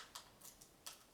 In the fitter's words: Everybody hear that pop? There we go.